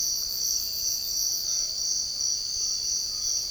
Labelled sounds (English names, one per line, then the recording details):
none
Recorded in secondary vegetation near Puerto Asís, Putumayo, Colombia, on 13 March 2025 at 06:00
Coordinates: 0.488, -76.319
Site G095